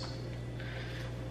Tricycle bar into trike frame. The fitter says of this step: i don't hear the click